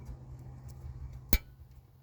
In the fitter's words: and you'll hear it pop in